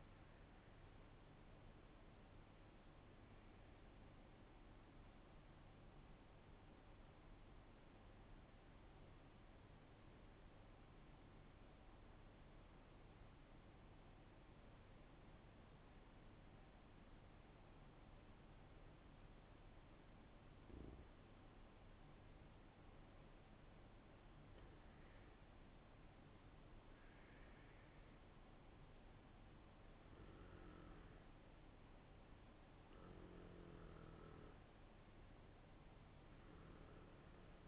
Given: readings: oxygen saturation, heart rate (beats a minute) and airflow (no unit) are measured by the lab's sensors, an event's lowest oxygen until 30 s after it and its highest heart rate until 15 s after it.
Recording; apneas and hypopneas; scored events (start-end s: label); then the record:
breathing in sleep by a voice recorder at the bedside; 1
5.00-26.10 s: hypopnea (N2, oxygen 94% highest, then 88% lowest, heart rate 50 at the start, 55 highest)
22.00-37.68 s: new sleep stage, N1 (lightest sleep)
From the record:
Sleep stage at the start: N2 (light sleep); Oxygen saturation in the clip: 91 to 95%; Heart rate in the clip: 48 to 55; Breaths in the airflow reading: 8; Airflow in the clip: -6.6 to 10.7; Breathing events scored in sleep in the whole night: 388 in 6.5 hours asleep